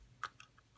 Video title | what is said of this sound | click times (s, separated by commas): X-Men Marvel Legends Juggernaut! Figure Review (BAF) Juggernaut! | and just pop it in there you go click there | 0.2 s